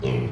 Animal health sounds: contact call of a hoofed animal; pig; closed-mouth grunt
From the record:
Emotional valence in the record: negative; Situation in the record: short social isolation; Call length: 0.32 s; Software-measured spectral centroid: 1470 Hz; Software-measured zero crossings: 740 a second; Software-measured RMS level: -24 dBFS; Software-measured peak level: -12 dBFS

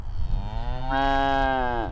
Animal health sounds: contact call of a hoofed animal; cattle; low-frequency (closed-mouth) or high-frequency (open-mouth) call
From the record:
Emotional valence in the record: negative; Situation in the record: full separation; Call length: 1.92 s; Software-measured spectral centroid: 1310 Hz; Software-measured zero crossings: 910 a second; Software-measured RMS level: -24 dBFS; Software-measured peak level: -13 dBFS

